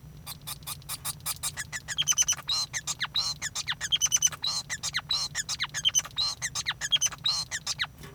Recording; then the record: song of a male Bengalese finch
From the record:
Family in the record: son of father 5